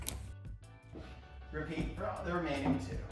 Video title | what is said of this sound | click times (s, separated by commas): how to assemble your indi doublewide dresser/changer | and pull forward as you push back on the drawer until you hear that click | 0.1 s